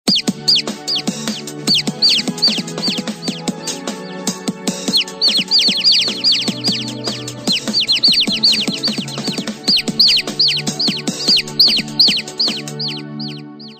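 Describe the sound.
Chickens: a steady stream of high, thin, downslurred peeps from several birds overlapping, with lower sounds throughout.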